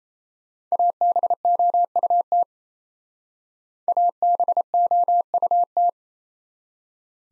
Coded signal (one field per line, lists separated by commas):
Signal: Morse code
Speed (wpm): 35 wpm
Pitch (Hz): 700 Hz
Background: none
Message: ABOUT ABOUT